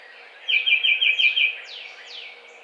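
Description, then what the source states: Tufted titmouse song: one quick run of repeated whistled notes, followed by a few high downslurred chirps. Recorded on 7 April 2009.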